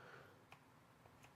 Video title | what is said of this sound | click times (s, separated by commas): Griot's Garage NEW G9 Random Orbital Polisher!!! 1000 Watt, Quick Connect Cord, And MUCH MORE!! | the cord and you can hear that click and it's not going anywhere | 0.5 s